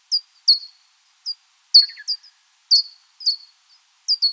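Pipistrelle calls: short, steeply falling sweeps, often in pairs, repeated irregularly, with one brief burst of lower chirps midway and silence otherwise.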